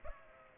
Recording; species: mosquito wingbeat signal from an infrared sensor; Culex pipiens